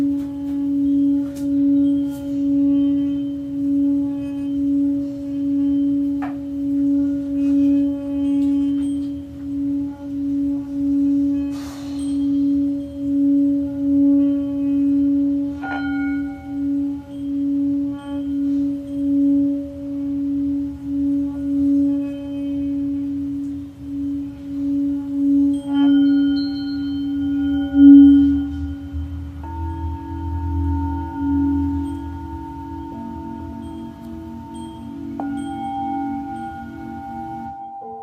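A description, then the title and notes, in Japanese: A singing bowl drones steadily with a pulsing, wavering hum, its pitch shifting and brightening near the end as further tones ring in. 真夜中のシンギングボウルのサウンドヒーリング。チベタンシンギングボウルボウル。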